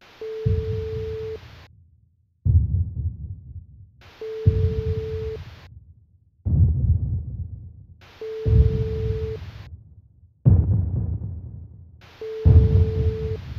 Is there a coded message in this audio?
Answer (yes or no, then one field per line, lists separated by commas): no